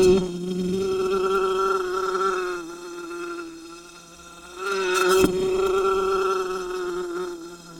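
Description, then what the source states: Wasp buzzing in a sustained drone that dips and swells, with a short sharp knock midway as the buzz resumes louder. Wasp recorded under glass.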